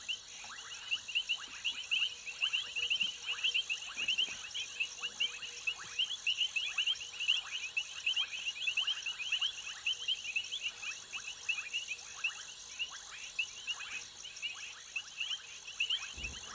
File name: Frogs Croaking Crickets At Night In Jungle Swamp Africa